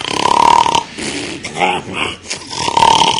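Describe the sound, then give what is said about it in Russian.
A voice imitates the loud snoring of a person sleeping with an open mouth: a harsh, rasping drawn-out snore, then a shorter gurgling, sputtering stretch, and another buzzing snore to finish. “Вот так, представьте. Рот открытый, слюни, храп раздается.”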